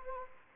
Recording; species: mosquito wingbeat signal from an infrared sensor; Anopheles gambiae